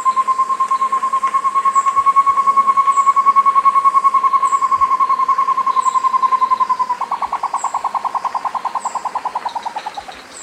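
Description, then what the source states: Short-tailed antthrush singing a rapid run of hollow notes that holds level and then shifts into a pulsing phrase before dropping in pitch and fading. Thin high chirps sound regularly behind it. South America.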